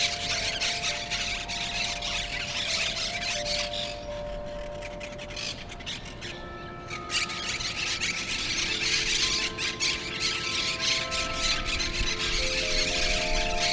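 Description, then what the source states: Monk parakeet chorus of grating, screechy calls repeated rapidly, alongside steady hum tones and low background rumble. Brooklyn parrots.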